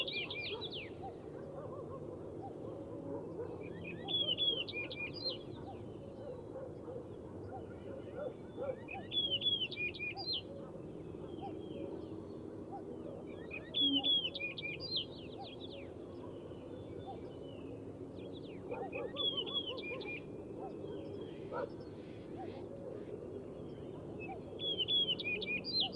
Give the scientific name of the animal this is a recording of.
Emberiza aureola